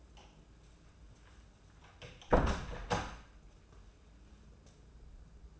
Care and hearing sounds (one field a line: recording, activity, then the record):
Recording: daily activity, microphone in the room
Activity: close door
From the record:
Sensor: 2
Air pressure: 994.2 hPa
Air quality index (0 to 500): 204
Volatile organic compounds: 1000 ppm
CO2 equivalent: 6746 ppm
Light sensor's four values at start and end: 110/262/110/114 and 109/257/108/112